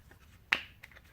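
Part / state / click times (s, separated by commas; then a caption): filter into hand vacuum dirt cup / seated / 0.5 s. The HEPA filter assembly of a Ryobi P-714K 18-Volt ONE+ Evercharge hand vacuum is pushed back into its plastic dirt cup, giving one sharp click at 0.5 s followed by a couple of faint ticks around 0.8 and 0.9 s. The filter is seated, snapped back into place.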